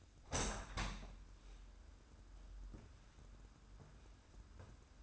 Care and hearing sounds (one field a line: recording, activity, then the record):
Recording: daily activity, microphone in the room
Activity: open window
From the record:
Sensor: 2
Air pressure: 994.3 hPa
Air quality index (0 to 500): 210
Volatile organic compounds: 1000 ppm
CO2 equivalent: 6964 ppm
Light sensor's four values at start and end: 64/149/61/60 and 72/165/69/68